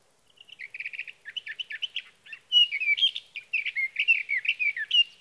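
Sage thrasher song: a long, rapid, continuous warble of varied high notes, with a buzzy trilled stretch near the start and louder jumbled phrases later.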